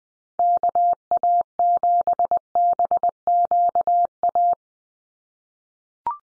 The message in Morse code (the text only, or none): KA7BQA